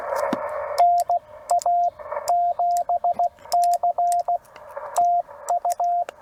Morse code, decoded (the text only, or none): NA7C TU